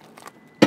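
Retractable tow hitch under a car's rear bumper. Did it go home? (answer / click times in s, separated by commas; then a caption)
yes / 0.2 s, 0.3 s. A retractable tow hitch under the rear bumper of a Skoda Enyaq is swung out, pulled into position and pushed home. Two sharp metallic clicks at 0.2 and 0.3 seconds mark it clicking into place, followed by a louder, broader burst of sound at about 0.6 seconds. The hitch is seated.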